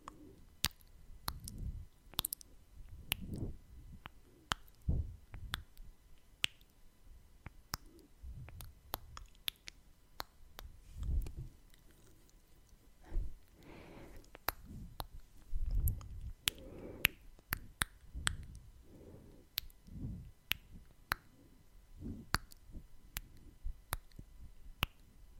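Dry tongue clicks and kissing pops snap out irregularly every second or so, over soft low rustles and breathy wet mouth sounds.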